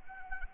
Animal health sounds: mosquito wingbeat signal from an infrared sensor; Anopheles gambiae

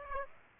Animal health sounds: mosquito wingbeat signal from an infrared sensor; Aedes aegypti

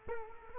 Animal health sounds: mosquito wingbeat signal from an infrared sensor; Culex quinquefasciatus

